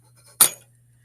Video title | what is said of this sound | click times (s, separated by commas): Measurement Lab Make-Up measurements | so you have to have them in the notch and you can hear the click | 0.4 s